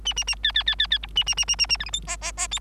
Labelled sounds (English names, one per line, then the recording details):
Bengalese Finch song
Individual Bird3